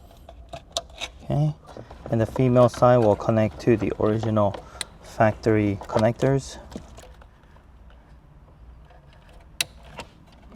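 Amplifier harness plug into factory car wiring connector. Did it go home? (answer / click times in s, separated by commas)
yes / 9.6 s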